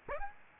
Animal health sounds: mosquito wingbeat signal from an infrared sensor; Aedes aegypti

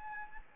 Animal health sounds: mosquito wingbeat signal from an infrared sensor; Anopheles gambiae

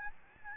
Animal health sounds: mosquito wingbeat signal from an infrared sensor; Aedes albopictus

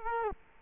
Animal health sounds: mosquito wingbeat signal from an infrared sensor; Culex quinquefasciatus

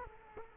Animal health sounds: mosquito wingbeat signal from an infrared sensor; Culex quinquefasciatus

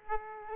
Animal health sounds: mosquito wingbeat signal from an infrared sensor; Aedes aegypti

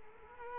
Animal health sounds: mosquito wingbeat signal from an infrared sensor; Culex quinquefasciatus

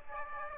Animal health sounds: mosquito wingbeat signal from an infrared sensor; Aedes aegypti

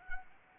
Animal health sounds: mosquito wingbeat signal from an infrared sensor; Anopheles arabiensis

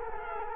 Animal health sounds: mosquito wingbeat signal from an infrared sensor; Culex quinquefasciatus

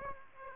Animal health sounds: mosquito wingbeat signal from an infrared sensor; Aedes aegypti

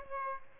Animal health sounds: mosquito wingbeat signal from an infrared sensor; Aedes aegypti

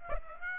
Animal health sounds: mosquito wingbeat signal from an infrared sensor; Aedes aegypti

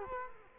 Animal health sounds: mosquito wingbeat signal from an infrared sensor; Culex quinquefasciatus

